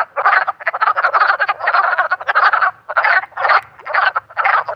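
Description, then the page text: Wood frogs in a dense chorus of rapid, clucking, duck-like croaks, overlapping bursts running almost continuously with short pauses between clusters. Maryland. "Wood Frog by Kendrick Trepanier"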